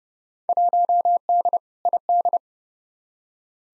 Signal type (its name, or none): Morse code